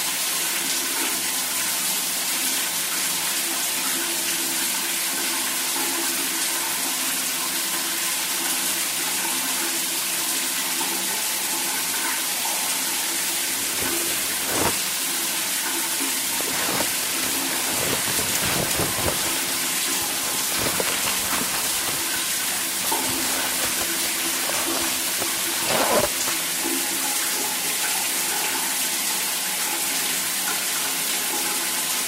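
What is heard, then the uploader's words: A shower runs with a steady, bright hiss throughout, broken by bursts of splashing and clatter from about 14 to 27 seconds. The calming sounds of someone getting ready for work in the morning.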